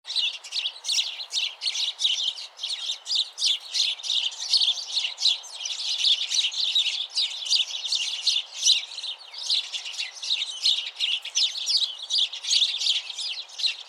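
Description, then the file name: House sparrow chirps, a busy run of short bright notes repeated rapidly and unevenly throughout. "Passer domesticus"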